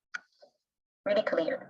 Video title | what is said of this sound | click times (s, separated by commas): OEYES Product Presentation | Then the bracket is open. You can hear a click sound, really clear. | 0.1 s